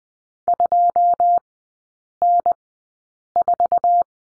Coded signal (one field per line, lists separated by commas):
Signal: Morse code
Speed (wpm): 20 wpm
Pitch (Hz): 700 Hz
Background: none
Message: 2N4